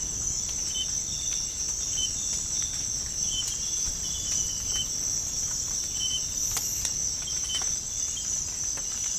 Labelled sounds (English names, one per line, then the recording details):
none
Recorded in dense forest near Puerto Asís, Putumayo, Colombia, on 25 June 2025 at 06:00
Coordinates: 0.481, -76.323
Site G072